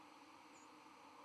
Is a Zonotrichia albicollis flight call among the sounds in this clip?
no